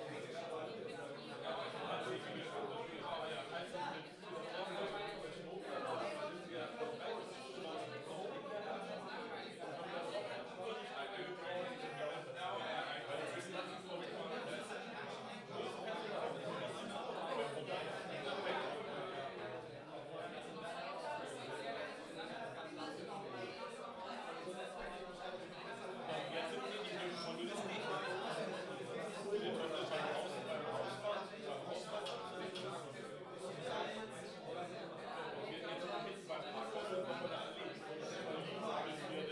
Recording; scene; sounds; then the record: everyday scene through a hearing-aid microphone; many people talking; many voices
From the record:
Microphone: in the ear canal, left